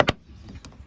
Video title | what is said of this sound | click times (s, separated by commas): 2011 Ford Explorer EVAP Leak Pt 2 | Clip. Pop. And it's in. | 0.1 s